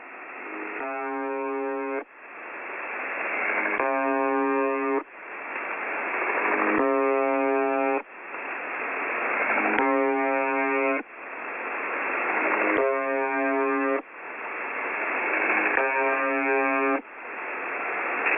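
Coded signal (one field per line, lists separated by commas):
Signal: numbers station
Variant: UVB-76 (The Buzzer)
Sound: harsh low buzz lasting about a second, repeating six times over static hiss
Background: radio static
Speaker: you were just listen to the very mysterious radio signal known as uvb-76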